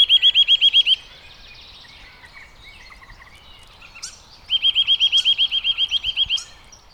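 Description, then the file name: Eurasian nuthatch calling in fast, evenly spaced whistled trills, a burst at the start and another from about 4.5 seconds, with soft chirps in between. "Sitta europaea"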